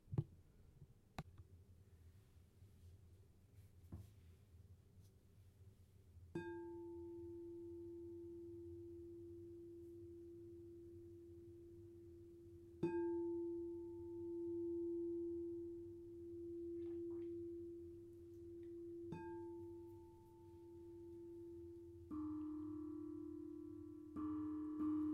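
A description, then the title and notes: Sound bath: singing bowls are struck at about 6, 13 and 19 seconds, each leaving a steady, mid-pitched ring with a fainter higher overtone that slowly wavers and beats. A low hum sits underneath throughout, with a few soft taps early, and brighter, denser tones join near the end. Sound Bath Soothe Session.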